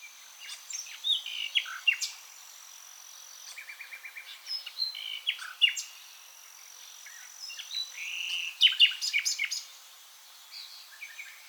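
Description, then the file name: Common nightingale singing varied phrases: sharp notes, a quick run of repeated notes and a buzzy trill, separated by short pauses, with a high whine through much of it. "Luscinia megarhynchos"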